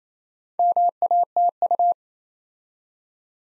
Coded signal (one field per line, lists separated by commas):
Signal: Morse code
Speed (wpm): 27 wpm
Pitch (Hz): 700 Hz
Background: none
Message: MATU